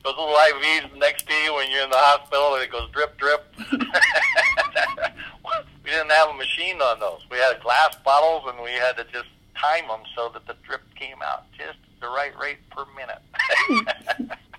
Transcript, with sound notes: Those little IVs next to you when you're in the hospital and it goes drip, drip. (laughs) We didn't have a machine on those. We had glass bottles and we had to just time them so that the drip came out just at the right rate per minute.